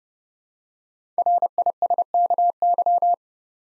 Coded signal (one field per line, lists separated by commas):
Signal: Morse code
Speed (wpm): 29 wpm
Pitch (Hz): 700 Hz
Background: none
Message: RISKY